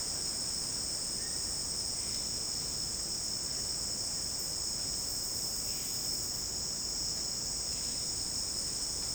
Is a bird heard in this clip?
no